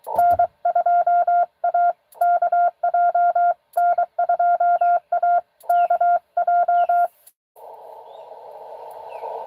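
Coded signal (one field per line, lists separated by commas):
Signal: Morse code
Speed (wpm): 24 wpm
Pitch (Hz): 700 Hz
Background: none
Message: N2AKJ N2AKJ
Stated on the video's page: Live CW Parks on the Air activation.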